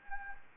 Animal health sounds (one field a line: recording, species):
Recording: mosquito wingbeat signal from an infrared sensor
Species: Anopheles gambiae